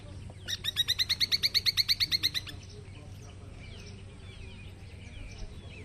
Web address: cantos pitogrisoriental